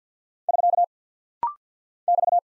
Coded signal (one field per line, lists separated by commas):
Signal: Morse code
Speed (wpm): 50 wpm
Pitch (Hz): 700 Hz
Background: none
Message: <SK> <BT>